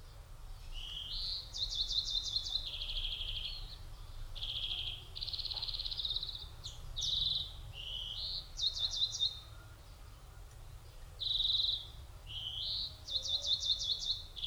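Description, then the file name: European greenfinch delivering a varied song of quick trills, buzzy wheezes and twittering rattles in continuous bursts, low noise beneath throughout. "Chloris chloris"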